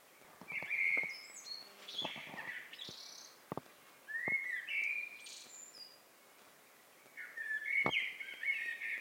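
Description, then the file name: Eurasian blackbird song: low fluted warbled phrases ending in high squeaky twitters, several phrases with pauses between, and sharp clicks scattered through. "Turdus merula"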